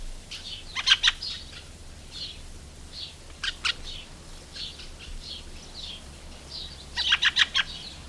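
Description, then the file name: Fieldfare chatter: clusters of harsh chack notes at the start, middle and end, separated by thin squeaky warbled phrases. "Various Birds - Fieldfare"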